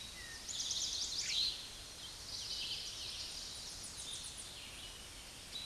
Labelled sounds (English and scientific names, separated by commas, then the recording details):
Tennessee Warbler (Leiothlypis peregrina) song
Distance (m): 35 m
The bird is about 5 m above the microphone
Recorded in a Pennsylvania forest on 16 May 2024 at 08:11
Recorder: AudioMoth, point MSD-2306
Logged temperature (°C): 15.6 °C
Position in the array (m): 39 m, 24 m